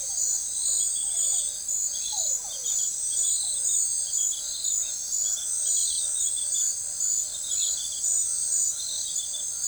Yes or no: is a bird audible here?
no